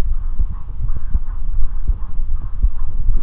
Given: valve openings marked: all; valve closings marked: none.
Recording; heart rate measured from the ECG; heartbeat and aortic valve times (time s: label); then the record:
heart sounds by stethoscope; 80 bpm
0.09 s: heartbeat (ECG mark)
0.14 s: aortic valve opens (echo mark)
0.85 s: heartbeat (ECG mark)
0.90 s: aortic valve opens (echo mark)
1.58 s: heartbeat (ECG mark)
1.63 s: aortic valve opens (echo mark)
2.33 s: heartbeat (ECG mark)
2.38 s: aortic valve opens (echo mark)
3.10 s: heartbeat (ECG mark)
3.15 s: aortic valve opens (echo mark)
From the record:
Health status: healthy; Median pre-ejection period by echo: 51 ms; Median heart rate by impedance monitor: 82 bpm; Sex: female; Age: 19 years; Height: 155 cm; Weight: 52 kg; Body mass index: 21.63